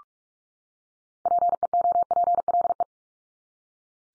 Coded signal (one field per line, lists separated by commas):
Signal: Morse code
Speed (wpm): 44 wpm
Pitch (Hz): 700 Hz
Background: none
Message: PEOPLE